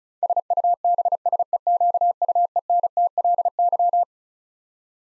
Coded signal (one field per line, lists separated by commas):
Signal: Morse code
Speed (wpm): 36 wpm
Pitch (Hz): 700 Hz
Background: none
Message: SUBSEQUENTLY